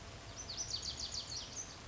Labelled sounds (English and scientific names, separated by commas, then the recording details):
Lazuli Bunting (Passerina amoena)
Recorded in Sonoma County, California